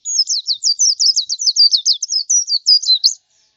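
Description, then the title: White-eye song, one continuous three-second run of rapid, high, wavering notes rising and falling in a rolling warble, then silence. "Plecir3un. Suara burung pleci"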